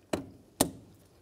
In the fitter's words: Press it in, listen for a click, give it a light wiggle.